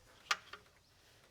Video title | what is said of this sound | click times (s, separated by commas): 2011-2019 Ford Explorer Upper Intake Manifold Plenum Gasket Replacement How To DIY | Let's push it down. It'll kind of lock into place. | 0.3 s